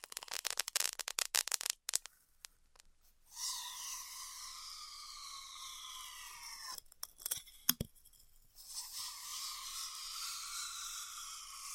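Styrofoam being heat cut. A quick burst of crackling clicks fills the first two seconds, then a steady, squeaky whine holds from about three to seven seconds. After a cluster of sharp clicks and a snap near eight seconds, the whine returns to the end.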